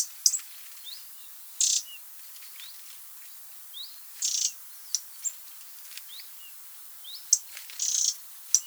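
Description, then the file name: Eurasian wren harsh rattling calls, three short buzzy bursts a few seconds apart, with thin high chirps and clicks between them. "Troglodytes troglodytes"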